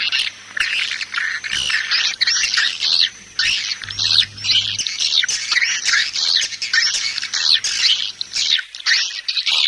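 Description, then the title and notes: Swiftlet chirps, harsh and high, in broken bursts over a low steady hum that stops near the end. Swiftlet farming sound from Asia. "Swiflet Bird Sound. Farming Swiflet Bird asia sound"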